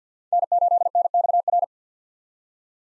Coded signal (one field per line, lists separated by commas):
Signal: Morse code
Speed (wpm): 50 wpm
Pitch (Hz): 700 Hz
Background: none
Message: N8NXR